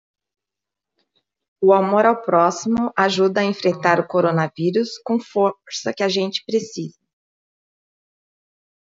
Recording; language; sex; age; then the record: spoken sentence; Brazilian Portuguese; female; 50 to 59 years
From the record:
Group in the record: control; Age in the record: 54 years